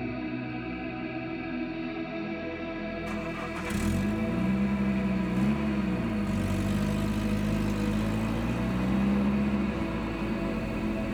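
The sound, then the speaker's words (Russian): A car engine hums low and steady, then grows louder as it starts up, its pitch rising and wavering as it revs and pulls away, holding a continuous drone to the end. “громко ответил мальчик на чистом немецком языке и бросился бежать к машине.”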